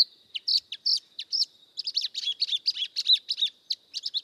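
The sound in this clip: Spot-throated babbler calls: bright, high chirping notes in quick runs, some clipped and some slurred, delivered in a lively rapid series.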